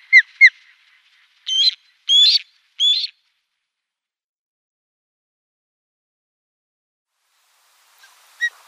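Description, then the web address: Osprey calling with two short whistled notes, then three louder, rougher squealing notes, a long silence, and a couple of notes near the end. "Schulze Peter Osprey"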